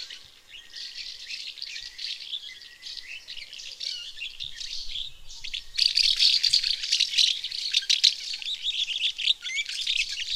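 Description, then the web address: House martin twittering, a steady run of dry chirrups growing louder and denser after about six seconds. Lower Saxony, Germany. "niedersachsen mehlschwalbe"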